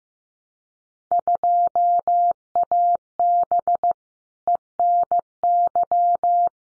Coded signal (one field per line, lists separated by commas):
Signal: Morse code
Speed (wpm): 15 wpm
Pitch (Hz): 700 Hz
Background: none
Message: 2AB ENY